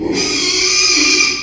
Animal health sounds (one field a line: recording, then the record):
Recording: squeal of a Yucatan mini pig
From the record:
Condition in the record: after surgery on the right vocal fold (resection and tissue-engineered implant)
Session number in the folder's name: 2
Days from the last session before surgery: 13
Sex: male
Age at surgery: 12 weeks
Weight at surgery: 13 kg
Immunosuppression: cyclosporine, prednisolone